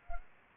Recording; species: mosquito wingbeat signal from an infrared sensor; Anopheles arabiensis